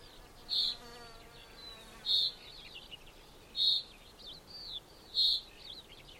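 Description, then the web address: Common chaffinch calling with short, metallic notes repeated about every one and a half seconds, with a chorus of high chirping birds behind. "2025 File origin Bird Only Fr Co"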